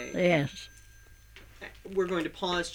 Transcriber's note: bell sounds